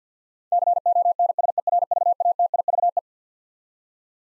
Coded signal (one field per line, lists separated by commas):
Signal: Morse code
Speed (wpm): 50 wpm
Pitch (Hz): 700 Hz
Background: none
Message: CONSERVATIVE